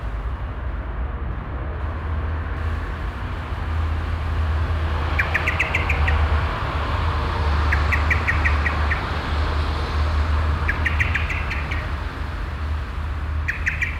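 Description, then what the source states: Common Blackbird giving several short volleys of rapid, sharp chirps spaced a few seconds apart, over loud rumbling street traffic. Blackbird emerging from a bush and chirping constantly beside the Auferstehungskirche, Südostviertel, Essen, Germany; passing street traffic.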